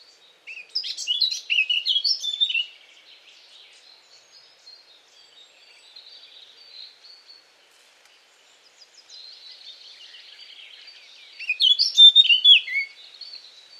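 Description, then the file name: Eurasian blackcap song: a quick, high warbled phrase near the start, a long quiet gap with faint twittering, then a second bright warbling burst toward the end. "Sylvia atricapilla"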